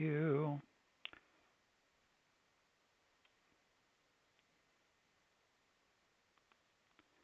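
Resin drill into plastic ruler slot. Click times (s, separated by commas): 1.0 s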